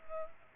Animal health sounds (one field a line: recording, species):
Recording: mosquito wingbeat signal from an infrared sensor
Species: Culex pipiens